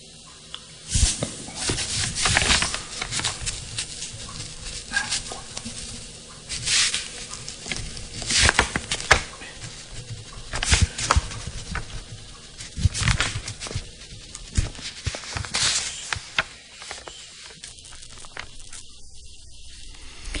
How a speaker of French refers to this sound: Alors voilà, on entendait les froissements de papier et ce commentaire